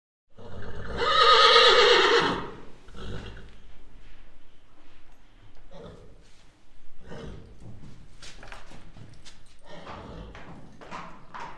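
Horse whinnying in one loud, harmonic burst lasting about two seconds, followed by softer snorts and scattered knocking sounds.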